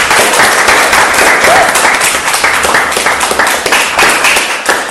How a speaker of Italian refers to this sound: Ragazzi, mi raccomando, dobbiamo scrivere ancora il migliore ars possibile. Un applauso.